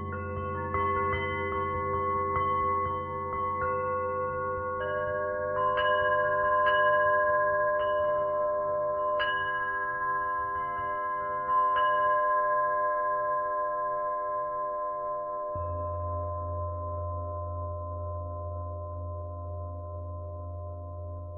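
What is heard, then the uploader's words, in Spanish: Tibetan singing bowls hum with long, overlapping sustained tones, layered low and mid pitches ringing steadily throughout. Brighter metallic strikes chime in around six, nine and twelve seconds, and near fifteen seconds a deeper bowl takes over, its low drone pulsing slowly. Cuencos Tibetanos.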